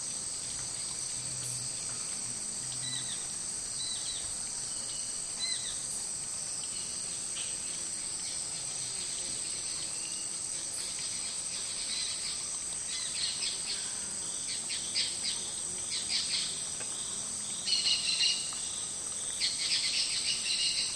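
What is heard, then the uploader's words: A hot afternoon in the Amazon rainforest, filled with a steady, dense wash of insect and cricket drone, including a constant high whine. Brief chirps and calls flicker through the upper range, growing busier after the midpoint, while a faint low rumble sits underneath. Hot Afternoon In The Amazon. Slow soundscapes from the Amazon rainforest.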